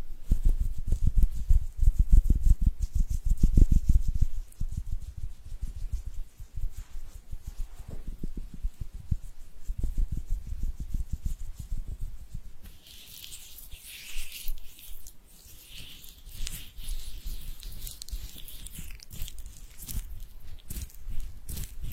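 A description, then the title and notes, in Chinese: Hands rubbing together, a dense run of soft, low scuffing strokes that is strongest in the first four seconds, then eases and comes back in weaker bursts. From about 13 seconds the rubbing turns lighter and brighter, with a thin hiss over irregular strokes. 搓手手。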